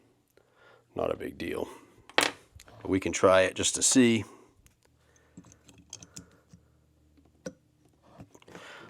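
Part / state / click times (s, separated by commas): fuel line quick connector onto fuel fitting / not seated / none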